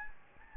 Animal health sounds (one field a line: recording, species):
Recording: mosquito wingbeat signal from an infrared sensor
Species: Anopheles gambiae